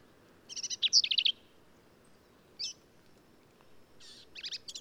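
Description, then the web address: Black-capped vireo song: a rapid stuttering series of harsh, high notes, a single slurred note, then more scratchy, buzzy phrases, over quiet background hiss. "birdsongforthecurious Black-capped Vireo"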